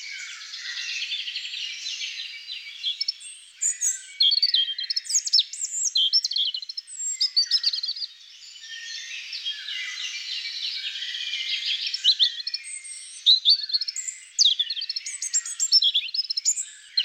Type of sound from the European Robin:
song